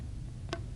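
Plastic corrugated tubing is clicked onto a nebulizer T-piece fitting held close to the microphone, repeating the connection. A single short, sharp snap sounds at 0.5 s over a low, steady background rumble. The tubing is seated in the fitting.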